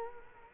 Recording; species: mosquito wingbeat signal from an infrared sensor; Culex quinquefasciatus